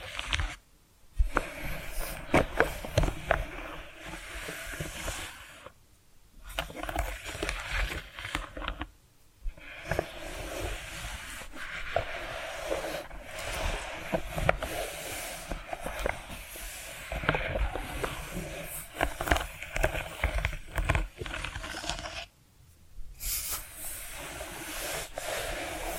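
Tapping and scratching sounds run in dense, uneven bursts of sharp clicks and rough scraping across the full range from low thuds to bright hiss. Brief silences break the flow near 1, 6, 9 and 22 seconds, each followed by renewed activity.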